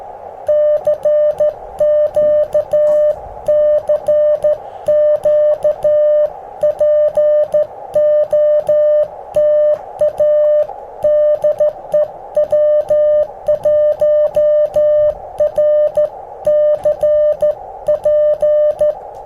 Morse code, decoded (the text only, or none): CQ CQ POTA DE W1RCP